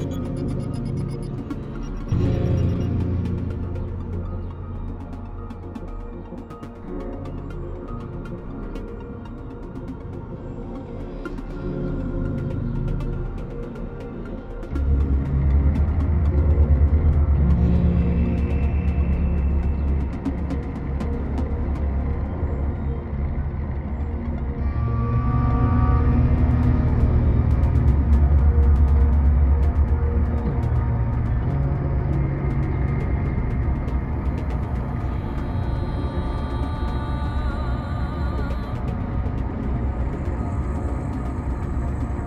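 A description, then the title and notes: Wandering through the catacombs brings a constant deep rumble, like traffic or machinery. It thickens and grows louder around 15 seconds and again from about 25 to 32 seconds. Faint thin tones and scattered small clicks sit above the drone throughout. Katakomben. Wandering through the catacombs.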